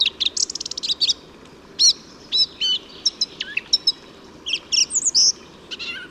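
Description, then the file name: Song thrush song opening with a fast run of repeated notes, then varied whistled and slurred phrases. "Singdrossel Gesang"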